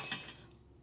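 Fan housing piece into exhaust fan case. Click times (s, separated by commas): 0.1 s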